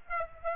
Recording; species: mosquito wingbeat signal from an infrared sensor; Aedes aegypti